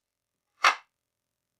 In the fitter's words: Então, quando o porta-cetas se aproxima, ele se encaixa no lugar.